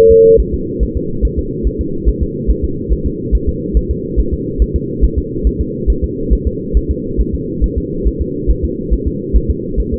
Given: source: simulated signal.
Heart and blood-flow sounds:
fetal heart sounds
0.11 s: S2
0.40 s: S1
0.54 s: S2
0.83 s: S1
0.97 s: S2
1.25 s: S1
1.39 s: S2
1.67 s: S1
1.81 s: S2
2.09 s: S1
2.23 s: S2
2.50 s: S1
2.64 s: S2
2.92 s: S1
3.06 s: S2
3.35 s: S1
3.49 s: S2
3.77 s: S1
3.91 s: S2
4.20 s: S1
4.34 s: S2
4.62 s: S1
4.76 s: S2
5.04 s: S1
5.19 s: S2
5.47 s: S1
5.61 s: S2
5.90 s: S1
6.04 s: S2
6.33 s: S1
6.47 s: S2
6.77 s: S1
6.91 s: S2
7.20 s: S1
7.35 s: S2
7.64 s: S1
7.78 s: S2
8.07 s: S1
8.22 s: S2
8.50 s: S1
8.64 s: S2
8.93 s: S1
9.08 s: S2
9.36 s: S1
9.50 s: S2
9.80 s: S1
9.94 s: S2
From the record:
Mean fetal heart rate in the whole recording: 140 bpm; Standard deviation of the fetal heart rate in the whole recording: 2 bpm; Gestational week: 34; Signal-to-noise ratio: -6.6 dB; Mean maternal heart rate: 72 bpm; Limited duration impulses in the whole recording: present

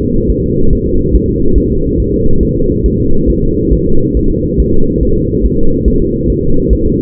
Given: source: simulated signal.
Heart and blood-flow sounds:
fetal heart sounds
0.02 s: S2
0.30 s: S1
0.44 s: S2
0.73 s: S1
0.87 s: S2
1.15 s: S1
1.29 s: S2
1.58 s: S1
1.72 s: S2
2.00 s: S1
2.14 s: S2
2.43 s: S1
2.57 s: S2
2.86 s: S1
3.00 s: S2
3.30 s: S1
3.44 s: S2
3.73 s: S1
3.87 s: S2
4.17 s: S1
4.31 s: S2
4.60 s: S1
4.74 s: S2
5.03 s: S1
5.17 s: S2
5.45 s: S1
5.59 s: S2
5.88 s: S1
6.02 s: S2
6.30 s: S1
6.44 s: S2
6.73 s: S1
6.87 s: S2
From the record:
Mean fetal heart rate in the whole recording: 140 bpm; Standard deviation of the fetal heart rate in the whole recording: 2 bpm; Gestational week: 34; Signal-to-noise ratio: -19.1 dB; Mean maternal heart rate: 72 bpm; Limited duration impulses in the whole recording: present

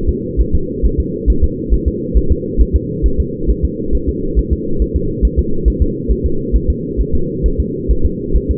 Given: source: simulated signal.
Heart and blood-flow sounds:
fetal heart sounds
0.09 s: S2
0.41 s: S1
0.55 s: S2
0.85 s: S1
1.00 s: S2
1.30 s: S1
1.44 s: S2
1.74 s: S1
1.88 s: S2
2.17 s: S1
2.32 s: S2
2.61 s: S1
2.76 s: S2
3.06 s: S1
3.20 s: S2
3.50 s: S1
3.65 s: S2
3.95 s: S1
4.09 s: S2
4.39 s: S1
4.53 s: S2
4.82 s: S1
4.96 s: S2
5.25 s: S1
5.39 s: S2
5.68 s: S1
5.82 s: S2
6.11 s: S1
6.26 s: S2
6.56 s: S1
6.70 s: S2
7.00 s: S1
7.15 s: S2
7.46 s: S1
7.60 s: S2
7.91 s: S1
8.06 s: S2
8.36 s: S1
8.51 s: S2
From the record:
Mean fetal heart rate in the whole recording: 135 bpm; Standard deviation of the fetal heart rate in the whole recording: 3 bpm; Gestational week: 34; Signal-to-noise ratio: -8.1 dB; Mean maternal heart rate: 72 bpm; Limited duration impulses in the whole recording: absent

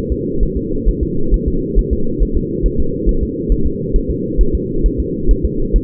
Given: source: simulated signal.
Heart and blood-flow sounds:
fetal heart sounds
0.12 s: S2
0.43 s: S1
0.57 s: S2
0.89 s: S1
1.03 s: S2
1.34 s: S1
1.48 s: S2
1.79 s: S1
1.93 s: S2
2.22 s: S1
2.37 s: S2
2.66 s: S1
2.80 s: S2
3.09 s: S1
3.23 s: S2
3.52 s: S1
3.66 s: S2
3.96 s: S1
4.10 s: S2
4.41 s: S1
4.55 s: S2
4.86 s: S1
5.00 s: S2
5.31 s: S1
5.45 s: S2
5.76 s: S1
From the record:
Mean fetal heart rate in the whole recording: 135 bpm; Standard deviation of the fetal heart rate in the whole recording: 3 bpm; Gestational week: 36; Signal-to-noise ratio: -8.1 dB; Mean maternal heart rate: 72 bpm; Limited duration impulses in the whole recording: absent

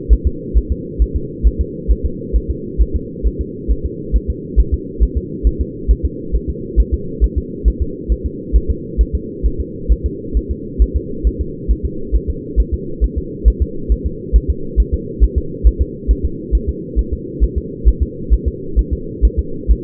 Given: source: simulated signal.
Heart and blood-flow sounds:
fetal heart sounds
0.13 s: S1
0.27 s: S2
0.57 s: S1
0.72 s: S2
1.02 s: S1
1.16 s: S2
1.47 s: S1
1.61 s: S2
1.91 s: S1
2.06 s: S2
2.36 s: S1
2.50 s: S2
2.81 s: S1
2.96 s: S2
3.27 s: S1
3.41 s: S2
3.71 s: S1
3.86 s: S2
4.16 s: S1
4.30 s: S2
4.59 s: S1
4.74 s: S2
5.03 s: S1
5.17 s: S2
5.47 s: S1
5.61 s: S2
5.91 s: S1
6.05 s: S2
6.35 s: S1
6.50 s: S2
6.80 s: S1
6.94 s: S2
7.24 s: S1
7.38 s: S2
7.68 s: S1
7.82 s: S2
8.12 s: S1
8.26 s: S2
8.56 s: S1
8.70 s: S2
9.01 s: S1
9.15 s: S2
9.46 s: S1
9.60 s: S2
9.92 s: S1
10.06 s: S2
10.37 s: S1
10.51 s: S2
10.82 s: S1
10.96 s: S2
11.27 s: S1
11.41 s: S2
11.71 s: S1
11.85 s: S2
12.15 s: S1
12.30 s: S2
12.60 s: S1
12.74 s: S2
13.04 s: S1
13.18 s: S2
13.48 s: S1
13.62 s: S2
13.92 s: S1
14.06 s: S2
14.36 s: S1
14.50 s: S2
14.80 s: S1
14.94 s: S2
15.24 s: S1
15.38 s: S2
15.67 s: S1
15.81 s: S2
16.11 s: S1
16.25 s: S2
16.55 s: S1
16.69 s: S2
16.99 s: S1
17.13 s: S2
17.44 s: S1
17.58 s: S2
17.88 s: S1
18.03 s: S2
18.34 s: S1
18.48 s: S2
18.79 s: S1
18.93 s: S2
19.25 s: S1
19.39 s: S2
19.71 s: S1
From the record:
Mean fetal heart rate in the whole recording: 135 bpm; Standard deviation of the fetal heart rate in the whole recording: 3 bpm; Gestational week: 34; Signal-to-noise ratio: -4.3 dB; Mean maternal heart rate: 72 bpm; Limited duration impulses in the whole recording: absent

